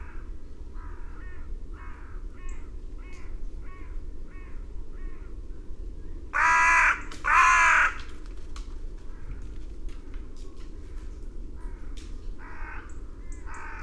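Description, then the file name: Carrion crow with two loud, grating caws in the middle, set against a run of softer, repeated caws before and after. "Corvus corone"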